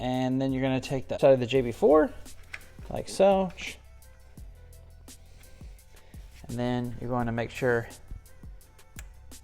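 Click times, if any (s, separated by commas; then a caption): 9.0 s. A JB4 harness connector on the JB4 side is pushed into the sensor connector on a BMW F10 M5 while someone talks. Faint ticks follow, and a sharp click at 9.0 s shows the connector seating.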